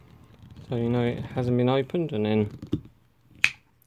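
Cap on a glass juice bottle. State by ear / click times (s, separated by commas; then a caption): released / 3.4 s. Someone talks, then the cap of a glass juice bottle with a "poppy top" tamper button is opened, giving a single sharp, bright click at 3.4 s as the cap pops open and is released.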